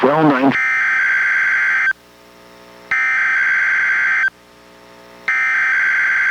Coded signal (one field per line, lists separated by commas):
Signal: Emergency Alert System (SAME) tones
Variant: header bursts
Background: speech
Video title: EAS #891: NWR Required Weekly Test- Nov. 22, 2023- 11:04AM PST